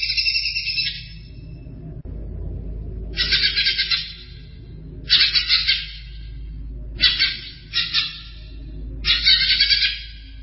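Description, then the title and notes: Greater green leafbird song: short bursts of fast, scratchy chattering notes, repeated about every two seconds, over steady low background hum. "Kicau Burung Cucak Ijo. Suara kicauan burung cucak ijo"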